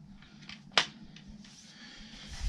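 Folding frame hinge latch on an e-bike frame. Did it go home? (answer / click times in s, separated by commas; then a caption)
yes / 0.8 s. The folding frame hinge of a small DYU C2 e-bike is unfolded and its latch is closed. A few faint knocks lead up to one sharp, loud snap at 0.8 s, followed by quieter rustling. That snap is the frame joint locking into place.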